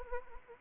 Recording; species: mosquito wingbeat signal from an infrared sensor; Anopheles arabiensis